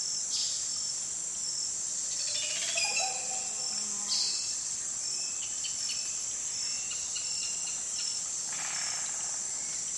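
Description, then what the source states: Oropendola liquid gurgling call, a short burst of fluid, bubbling notes near the three-second mark, over a steady high insect drone with scattered sharp clicks. Amazon rainforest, calling from the treeline during a passing afternoon storm; recorded with Sony PCM M10 and EM172 microphones.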